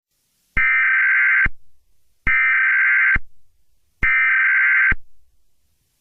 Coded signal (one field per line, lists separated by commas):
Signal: Emergency Alert System (SAME) tones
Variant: header bursts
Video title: EAS Scenario #10: Dare County Disappearances